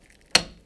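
A plastic line spool is pushed back into a grass trimmer head and seats with one sharp, bright click at 0.4 seconds. The click rings briefly for about two tenths of a second, after only faint quiet ticks. The spool clicks home and is seated.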